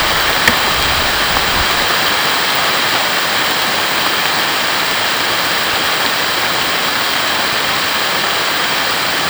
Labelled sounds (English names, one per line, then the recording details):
none
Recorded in secondary vegetation near Puerto Asís, Putumayo, Colombia, on 24 June 2025 at 13:30
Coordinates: 0.498, -76.327
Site GP09